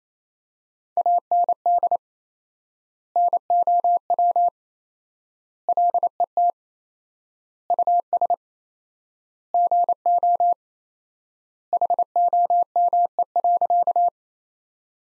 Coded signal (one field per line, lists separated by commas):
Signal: Morse code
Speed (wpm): 28 wpm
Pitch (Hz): 700 Hz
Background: none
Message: AND NOW LET US GO HOME.